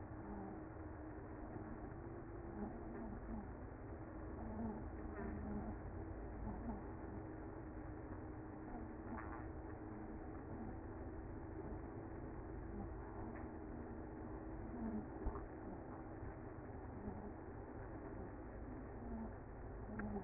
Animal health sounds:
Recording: honeybee colony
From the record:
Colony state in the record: active

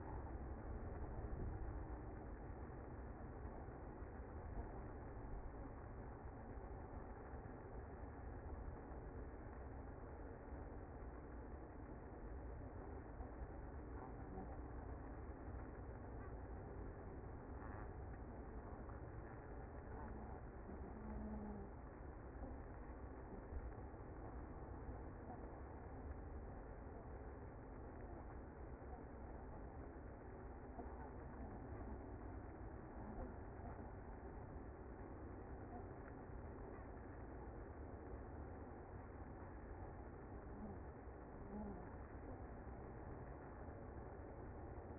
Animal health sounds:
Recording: honeybee colony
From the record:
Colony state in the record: active

